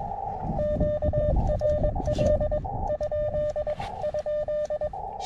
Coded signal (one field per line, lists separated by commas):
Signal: Morse code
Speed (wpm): 21 wpm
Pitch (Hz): 590 Hz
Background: radio noise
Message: QRL? ?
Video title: 2022 Winter SoCal SOTAFest